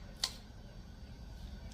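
A torque wrench tightens the cam gear bolts on a Chrysler 4.7 V8 engine. A single sharp click at 0.2 s shows the wrench reaching its torque setting. The rest is quiet background hum.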